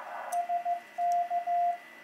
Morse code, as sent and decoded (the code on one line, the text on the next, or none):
... -.-
SK